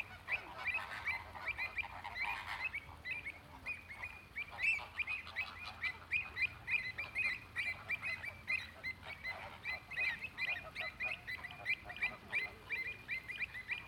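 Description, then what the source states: Continuous flamingo flock chatter, rapid nasal honks and grunts running together for the whole stretch, with a louder burst early on. Captive flamingos recorded at the flamingo enclosure of Bristol Zoo.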